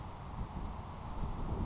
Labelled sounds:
Grasshopper Sparrow (Ammodramus savannarum)
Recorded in Sonoma County, California

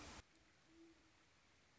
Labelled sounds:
Great Horned Owl (Bubo virginianus)
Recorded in Sonoma County, California

